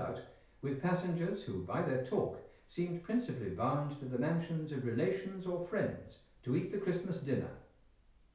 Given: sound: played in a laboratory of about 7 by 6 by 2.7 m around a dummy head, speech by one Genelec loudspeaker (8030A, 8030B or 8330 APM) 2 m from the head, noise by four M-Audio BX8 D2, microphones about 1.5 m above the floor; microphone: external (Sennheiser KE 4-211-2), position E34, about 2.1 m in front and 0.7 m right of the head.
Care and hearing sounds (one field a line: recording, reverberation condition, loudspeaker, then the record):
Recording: male speech in English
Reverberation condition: medium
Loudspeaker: 150 degrees to the right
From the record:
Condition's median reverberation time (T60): about 510 ms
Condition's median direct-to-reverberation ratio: about -0.5 dB